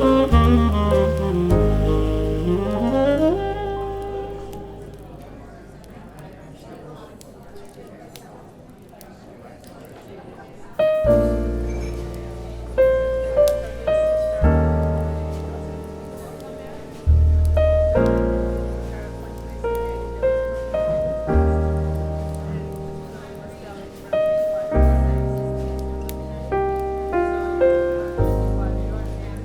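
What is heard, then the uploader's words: Smooth jazz plays in a coffee shop bookstore, led by ringing piano-like chords over a deep bass. After a quiet, thinner stretch, fuller chords strike again around eleven seconds and keep returning every few seconds, each one fading out slowly. Soft talking sits faintly underneath. Coffee Shop Bookstore Ambiance.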